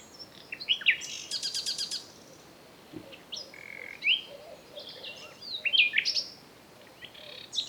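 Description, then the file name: Common nightingale delivering short separated phrases: a fast buzzy rattle, then scattered sweeping whistles and chirps with quiet gaps between them. "Luscinia megarhynchos"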